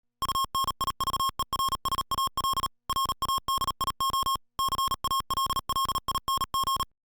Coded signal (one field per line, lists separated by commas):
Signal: Morse code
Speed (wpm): 38 wpm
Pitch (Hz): 1080 Hz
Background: music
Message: UNIVERSAL RADIO CALLING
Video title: Universal Radio introduces the Yaesu FTdx1200 Amateur HF Transceiver